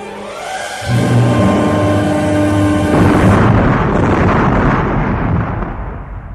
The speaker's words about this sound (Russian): Внезапный громовой взрыв подбросил Ивана Терешку, оглушил и кинул в черную пропасть.